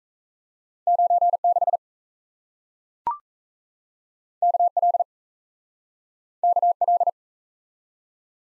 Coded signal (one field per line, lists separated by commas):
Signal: Morse code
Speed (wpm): 38 wpm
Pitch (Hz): 700 Hz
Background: none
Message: 96 KL KL